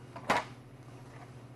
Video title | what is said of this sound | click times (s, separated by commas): SaniServ® Model 704 Frozen Beverage Machine Training Video | It just snaps into place. | 0.3 s